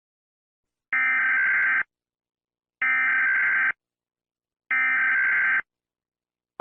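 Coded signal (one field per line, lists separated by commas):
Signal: Emergency Alert System (SAME) tones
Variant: header bursts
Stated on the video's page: Fictional EAS scenario.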